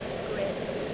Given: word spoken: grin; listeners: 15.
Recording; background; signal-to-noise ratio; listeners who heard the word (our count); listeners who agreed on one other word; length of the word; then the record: one English word in noise, from a listening test; speech-shaped noise; -4.1 dB; 0 of 15; 6 of 15; 0.54 s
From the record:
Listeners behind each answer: 6, 3, 1, 1, 1, 1, 1, 1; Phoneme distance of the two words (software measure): 10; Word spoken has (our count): 1 syllable, 4 phonemes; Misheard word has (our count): 1 syllable, 4 phonemes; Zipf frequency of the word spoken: 3.55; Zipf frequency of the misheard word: 4.14